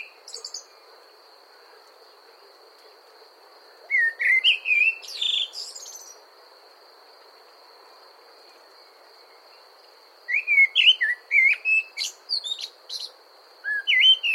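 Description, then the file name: Common blackbird song: two main bursts of fluting, warbling whistles mixed with high squeaky twitters, separated by a quiet pause; a steady high hum runs throughout. "Amsel Gesang"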